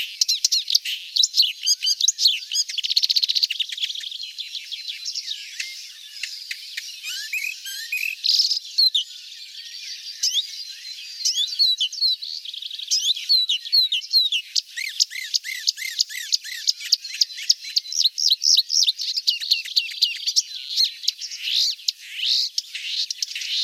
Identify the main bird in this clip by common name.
Marsh Warbler